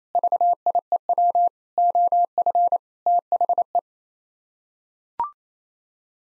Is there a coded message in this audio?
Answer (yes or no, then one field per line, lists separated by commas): yes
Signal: Morse code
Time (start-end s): 0.1-3.8 s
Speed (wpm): 28 wpm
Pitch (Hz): 700 Hz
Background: none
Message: VIEW OF THE